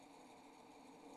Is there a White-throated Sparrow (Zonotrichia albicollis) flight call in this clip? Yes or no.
no